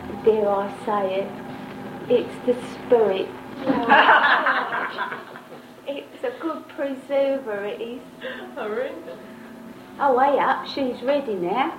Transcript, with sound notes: dare I say it - it's the spirit... (much laughter) ...it's a good preserver it is. I reckon. Oh, wait up She's ready now,